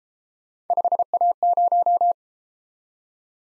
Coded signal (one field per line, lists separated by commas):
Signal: Morse code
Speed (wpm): 31 wpm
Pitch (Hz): 700 Hz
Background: none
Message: 5A0